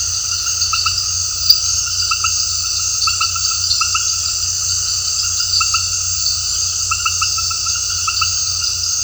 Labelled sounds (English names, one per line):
none